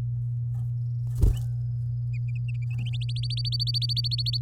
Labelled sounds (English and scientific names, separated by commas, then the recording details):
Domestic Canary (Serinus canaria) song
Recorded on 11 May 2018 at 09:39
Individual llb16